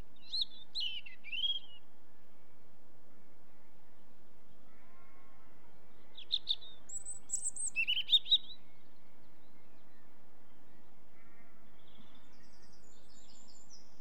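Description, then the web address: European robin singing brief, high, twittering phrases with sharp thin notes, a short burst at the start and another around six to eight seconds, faint low background hum. "BBC Sound Effects Library. Robin"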